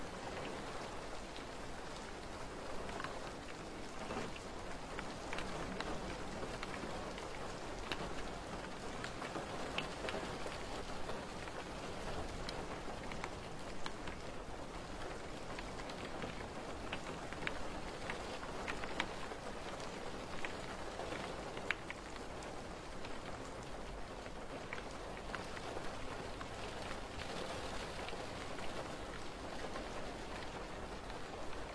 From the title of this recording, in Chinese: 夏天 一楼花园里听雨 泥土的芳香